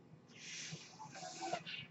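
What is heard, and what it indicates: A soft, airy hiss rises and lasts just over a second, then fades among faint voice-like tones. This is the airflow sound of a home mechanical ventilator delivering a breath.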